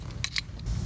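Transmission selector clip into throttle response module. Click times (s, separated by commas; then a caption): 0.2 s. A small plastic selector piece set for automatic transmission is clipped into a Sprint Booster throttle response module for a 2017/2018 Raptor. A sharp snap at 0.2 s shows the piece has seated in the module, followed by two fainter ticks over a low background rumble.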